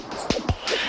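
Two quick whooshing thumps on Doppler ultrasound: a fetal heartbeat, which a nurse likened to distant horses galloping.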